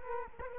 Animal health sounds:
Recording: mosquito wingbeat signal from an infrared sensor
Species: Culex quinquefasciatus

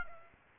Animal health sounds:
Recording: mosquito wingbeat signal from an infrared sensor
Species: Aedes aegypti

